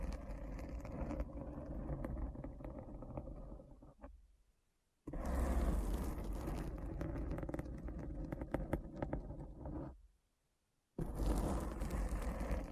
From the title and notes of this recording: ASMR Deep Brain Scratch (No Talking).